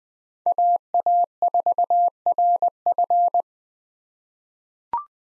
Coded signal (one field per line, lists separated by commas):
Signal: Morse code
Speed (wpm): 21 wpm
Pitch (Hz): 700 Hz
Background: none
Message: AA4RF